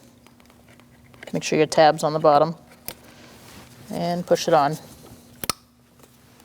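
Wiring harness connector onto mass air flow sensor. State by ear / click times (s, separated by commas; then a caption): seated / 5.4 s, 5.5 s. Someone talks while a plastic wiring harness connector, tabs lined up on the bottom, is pushed onto a new mass air flow sensor on a 2006-2009 Audi S4 4.2L V8; a single sharp tap is heard near 2.9 s. Two sharp, loud clicks at 5.4 s and 5.5 s mark the connector seating on the sensor.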